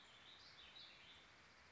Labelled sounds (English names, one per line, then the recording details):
Warbling Vireo
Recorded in Sonoma County, California